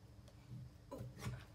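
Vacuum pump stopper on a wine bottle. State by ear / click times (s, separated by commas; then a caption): not seated / none. A hand vacuum pump is worked on a rubber stopper in an opened wine bottle to draw out the air, giving soft rubbing and pumping strokes with a small tick at 0.3 s and louder broadband bursts near 0.9 s and 1.3 s. Nothing has sealed or clicked yet.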